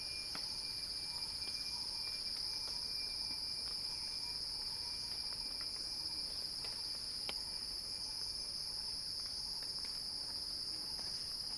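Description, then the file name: Cicadas giving a sustained shrill droning buzz, with a thin steady tone and a few sharp clicks scattered throughout. "Axel-Drioli Cicada-Crescendo-Sounding-Wild"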